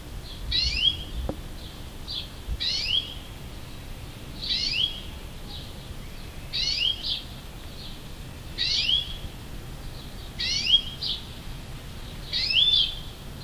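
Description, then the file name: European greenfinch giving a series of rasping, downward-sweeping calls about every two seconds, seven in all, separated by soft brief notes; a single click near the start. "Chloris chloris"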